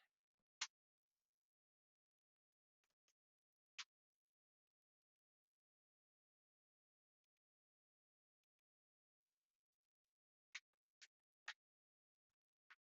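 The plastic housing of a generic Android Byybuo A10-L tablet is pressed around its edges during a digitizer replacement, after the first corner is seated, so its clips snap onto the tablet frame. Sharp snaps ring out at 0.6, 10.6 and 11.5 seconds, separated by near silence. The clips seat in place with very little pressure.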